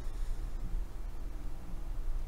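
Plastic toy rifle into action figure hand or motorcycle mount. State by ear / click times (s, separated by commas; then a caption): not seated / none. A small plastic toy rifle accessory is handled as it is fitted toward a dollar-store action figure's hand or motorcycle mount. Only a steady, low rumbling handling noise is heard, with no distinct click. Nothing has seated or clicked yet.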